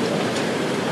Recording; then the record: background sound without coughing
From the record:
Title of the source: Office Sounds Ambience - Background Noise for Study and Work